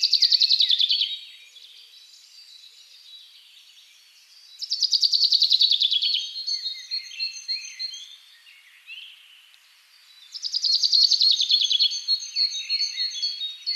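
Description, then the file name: Common chaffinch singing three rapid, tumbling trills that fall in pitch, about every five seconds, with high thin whistles and quieter chirping between phrases. "Fringilla coelebs"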